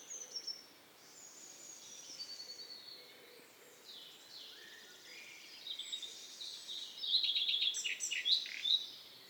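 Redstart singing high notes that end in a twittering close, with softer song from other birds throughout.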